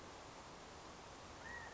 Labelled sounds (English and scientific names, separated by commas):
California Quail (Callipepla californica)